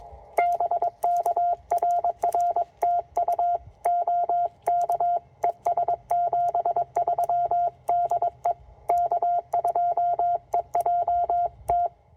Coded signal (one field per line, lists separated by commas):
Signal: Morse code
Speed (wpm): 22 wpm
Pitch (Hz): 700 Hz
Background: none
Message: BK RR TU OK ES 73 DE K2EJT